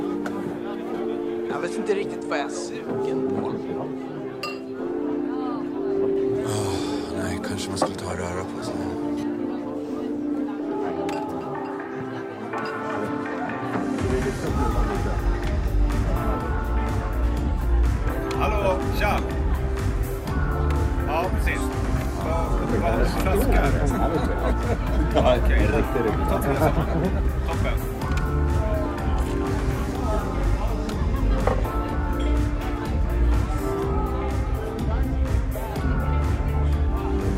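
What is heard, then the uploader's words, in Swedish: Murmuring bar chatter with scattered glass clinks over steady background music; around fourteen seconds a deep rumble enters and voices thicken. Baren. En timme sorlande barljud.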